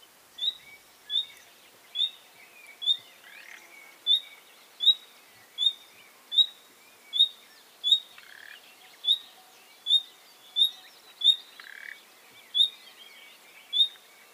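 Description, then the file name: Common nightingale repeating a short, high note many times at an even pace, with scattered lower chirps in between. "Luscinia megarhynchos"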